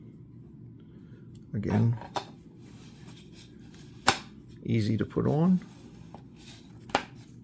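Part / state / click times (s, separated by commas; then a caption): lens hood onto telephoto lens front bayonet / seated / 6.9 s. A 75 mm lens hood is twisted onto the front bayonet of a telephoto lens while someone talks, and it locks with a sharp click at 6.9 s. An earlier sharp tick is heard at 4.1 s, and the hood ends up seated and locked on the lens.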